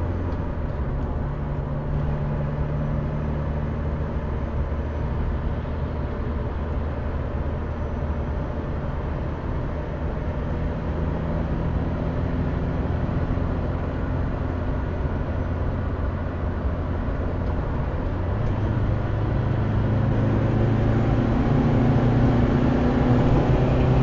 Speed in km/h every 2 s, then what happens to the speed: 104, 107, 109, 110, 112, 114, 121, 123, 123, 121, 129, 143.
0-24 speeds up to 143.